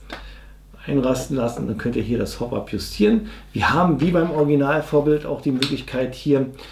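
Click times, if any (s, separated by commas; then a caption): 0.1 s. The loading slide, a small fake shutter on the receiver of a Novritsch SSR77 A1 Steyr AUG A1-style airsoft AEG, snaps into place at the front position after the hop-up adjustment, with a sharp click at 0.1 s. Someone then talks about adjusting the hop-up and the ejection port cover.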